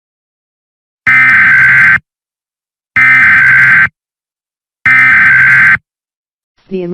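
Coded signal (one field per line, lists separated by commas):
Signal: Emergency Alert System (SAME) tones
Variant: header bursts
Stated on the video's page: Fictional EAS scenario alert.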